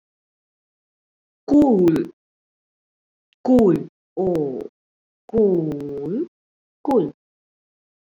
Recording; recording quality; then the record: sustained vowel as in boot; moderate, slight background noise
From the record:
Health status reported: COVID-19 positive, mild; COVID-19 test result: positive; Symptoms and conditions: cough, fever, fatigue, muscle pain, loss of smell and taste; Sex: female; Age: 27 years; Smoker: not ticked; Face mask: not worn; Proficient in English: yes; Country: India